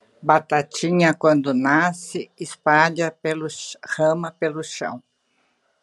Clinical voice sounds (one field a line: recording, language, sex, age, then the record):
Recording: short text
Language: Brazilian Portuguese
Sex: female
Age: 70 to 79 years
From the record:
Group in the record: control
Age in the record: 76 years